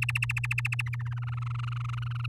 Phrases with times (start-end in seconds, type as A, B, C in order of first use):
0.02-1.02 A, 1.05-2.26 B